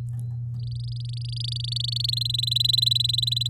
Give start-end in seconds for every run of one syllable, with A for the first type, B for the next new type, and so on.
0.59-2.11 A, 2.12-3.48 B